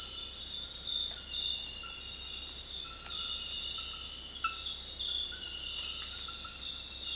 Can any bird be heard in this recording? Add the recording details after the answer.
no. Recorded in dense forest near Puerto Asís, Putumayo, Colombia, on 19 February 2024 at 02:30. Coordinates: 0.484, -76.317. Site G6464